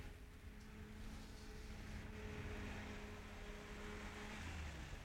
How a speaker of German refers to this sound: Hörst du? Auto?